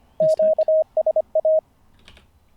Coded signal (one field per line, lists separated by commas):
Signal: Morse code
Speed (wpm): 25 wpm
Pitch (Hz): 630 Hz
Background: none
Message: QSA